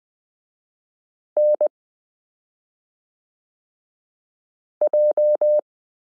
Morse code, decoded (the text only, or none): NJ